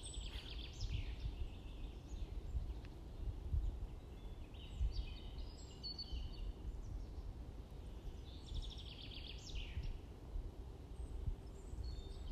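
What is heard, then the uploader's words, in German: Birds chirp in bright, scattered bursts around two, five to six, and nine to ten seconds over a steady low rumble. 40 Sekunden Vogelzwitschern.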